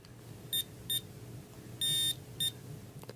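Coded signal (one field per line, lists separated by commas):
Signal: beep code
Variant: watch time readout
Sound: four high electronic bleeps: two short, one long, one short, over faint hum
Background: room hum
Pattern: 2 short, 1 long, 1 short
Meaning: The watch is signalling 25 minutes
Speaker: Right. Well, I had two short bleeps and one long one and then another short one.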